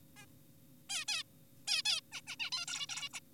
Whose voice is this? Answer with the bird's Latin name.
Taeniopygia guttata